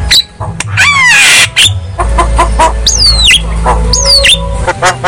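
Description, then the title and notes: Javan myna song mixing loud swooping whistles, some falling and some rising then dropping, with harsh rasps and clicks over a low background rumble. Song recording used as a lure (pancingan) to stimulate silent Javan mynas to sing. "Pancingan Jalak Kebo Bisu. Kicau Jalak Kebo"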